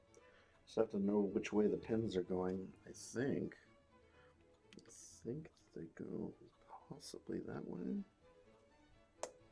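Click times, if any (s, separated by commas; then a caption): 9.2 s. Someone talks while working out which way a battery's pins should face, then pushes the battery into its slot in the internal chassis of an Ultimate Works Bors lightsaber hilt with the Asteria Heart. A single sharp click sounds at 9.2 s as the battery pops into place and is seated.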